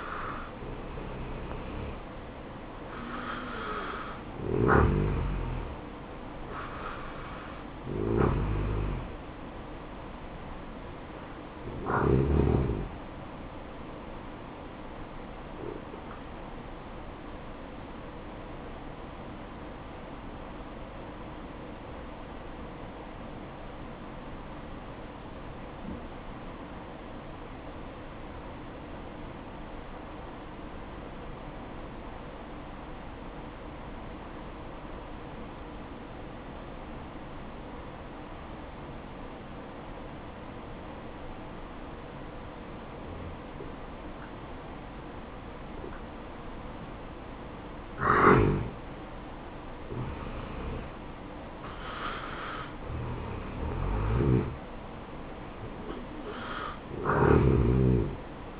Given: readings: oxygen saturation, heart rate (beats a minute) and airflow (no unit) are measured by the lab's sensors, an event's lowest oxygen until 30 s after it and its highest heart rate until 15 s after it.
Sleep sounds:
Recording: breathing in sleep by a voice recorder at the bedside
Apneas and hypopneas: 1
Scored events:
19.00-50.60 s: hypopnea (N1, oxygen 95% highest, then 85% lowest, heart rate 64 at the start, 73 highest)
From the record:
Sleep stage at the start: N1 (lightest sleep)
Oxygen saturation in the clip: 83 to 95%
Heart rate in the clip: 60 to 73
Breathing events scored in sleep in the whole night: 573 in 9.8 hours asleep

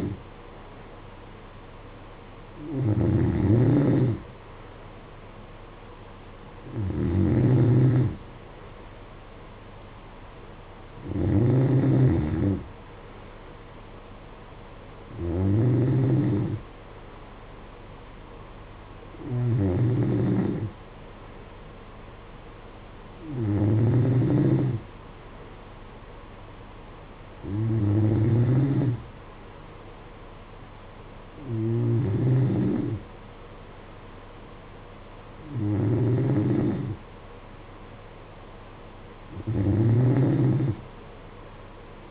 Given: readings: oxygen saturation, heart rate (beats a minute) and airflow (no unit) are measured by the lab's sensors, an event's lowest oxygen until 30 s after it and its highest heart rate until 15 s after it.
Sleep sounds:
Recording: breathing in sleep by a voice recorder at the bedside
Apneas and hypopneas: none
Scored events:
none scored
From the record:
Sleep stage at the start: N3 (deep sleep)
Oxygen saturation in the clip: 92 to 93%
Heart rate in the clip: 53 to 58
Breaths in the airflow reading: 10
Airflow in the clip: -9.0 to 8.0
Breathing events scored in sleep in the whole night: 476 in 9.7 hours asleep

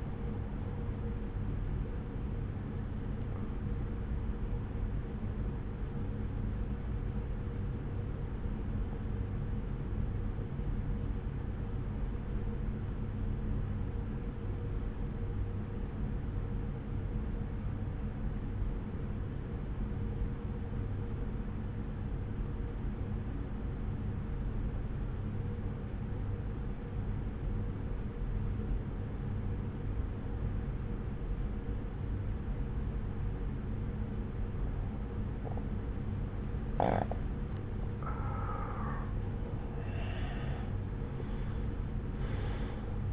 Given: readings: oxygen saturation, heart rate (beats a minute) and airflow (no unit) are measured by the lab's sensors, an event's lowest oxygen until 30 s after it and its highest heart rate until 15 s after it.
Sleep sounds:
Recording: breathing in sleep by a smartphone at the bedside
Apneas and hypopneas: 1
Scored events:
7.00-37.50 s: obstructive apnea (N1, oxygen 96% highest, then 85% lowest, heart rate 58 at the start, 70 highest)
9.00-39.00 s: new sleep stage, N2 (light sleep)
39.00-43.13 s: new sleep stage, N1 (lightest sleep)
From the record:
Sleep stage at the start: N1 (lightest sleep)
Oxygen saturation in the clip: 83 to 96%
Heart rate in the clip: 58 to 69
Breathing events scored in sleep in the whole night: 303 in 8.1 hours asleep

